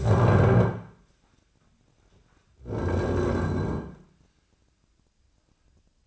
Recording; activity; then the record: daily activity, microphone in the room; stand up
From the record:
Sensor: 2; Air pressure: 1009.1 hPa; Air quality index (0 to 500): 174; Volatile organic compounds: 2 ppm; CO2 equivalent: 1268 ppm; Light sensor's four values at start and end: 31/84/35/38 and 35/91/39/41